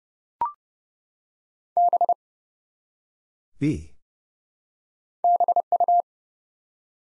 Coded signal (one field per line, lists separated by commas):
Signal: Morse code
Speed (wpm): 30 wpm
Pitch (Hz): 700 Hz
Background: none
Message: B BU